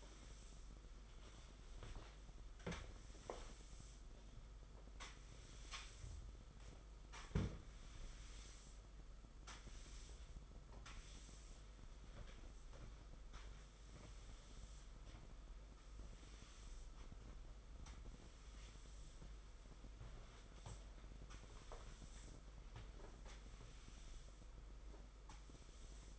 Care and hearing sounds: daily activity, microphone in the room; sweep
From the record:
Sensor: 5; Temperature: 22.1 degrees Celsius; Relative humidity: 50.0%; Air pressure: 991.5 hPa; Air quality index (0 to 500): 120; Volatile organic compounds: 44 ppm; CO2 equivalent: 3207 ppm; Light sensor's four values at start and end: 40/123/47/50 and 41/128/49/52

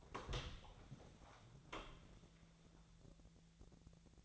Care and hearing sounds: daily activity, microphone in the room; open door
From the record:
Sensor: 3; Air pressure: 1000.5 hPa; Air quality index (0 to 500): 182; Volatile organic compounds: 4 ppm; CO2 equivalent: 1580 ppm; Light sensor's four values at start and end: 12/29/12/13 and 12/30/12/13

